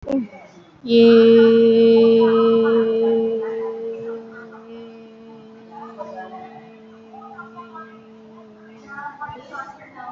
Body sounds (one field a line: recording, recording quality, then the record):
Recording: sustained vowel as in made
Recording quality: excellent, no background noise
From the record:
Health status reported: COVID-19 positive, mild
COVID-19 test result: positive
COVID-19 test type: RT-PCR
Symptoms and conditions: cough, loss of smell and taste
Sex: female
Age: 32 years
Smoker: no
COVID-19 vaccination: one dose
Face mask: worn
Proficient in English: yes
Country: India